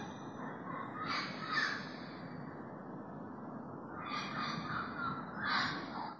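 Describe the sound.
Bird calls: two bursts of harsh, hoarse cawing notes, one near the start and a longer run near the end, over a steady low rumble.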